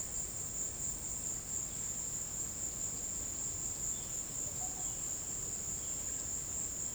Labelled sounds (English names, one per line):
none